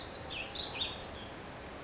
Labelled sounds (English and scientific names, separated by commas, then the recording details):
California Towhee (Melozone crissalis)
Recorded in Sonoma County, California